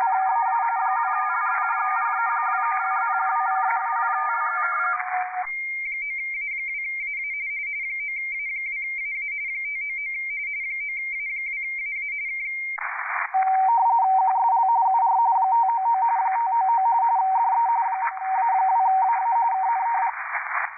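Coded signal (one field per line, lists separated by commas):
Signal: RTTY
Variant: 45 baud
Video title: VP2MUM (DL2RUM) Using his RUMped contest software on 30M RTTY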